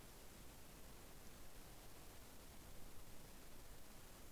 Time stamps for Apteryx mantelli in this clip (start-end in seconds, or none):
none